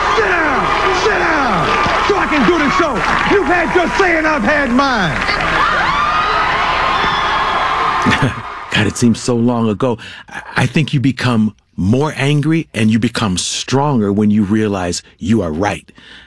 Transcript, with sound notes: Sit down so I can do the show. You've had your say, and I've had mine.
(CHEERING)
God, it seems so long ago. I think you become more angry and you become stronger when you realize you are right